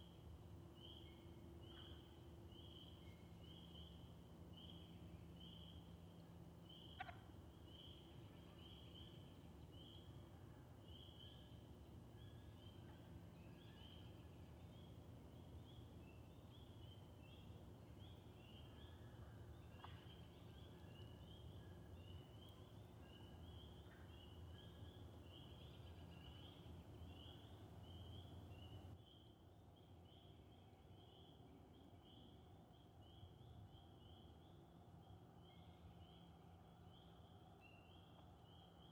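Spring peepers keep up a dense, shrill chorus of rapid high peeps from start to finish. A steady low rumble sits underneath, with a few sharp calls cutting through around 7 and 20 seconds. Everything drops slightly quieter after about 29 seconds.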